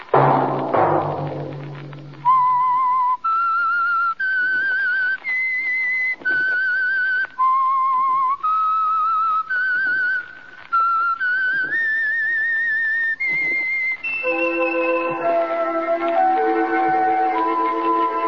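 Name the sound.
whistled theme melody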